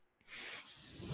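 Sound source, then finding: Home mechanical ventilator. Mechanical ventilator breath sound.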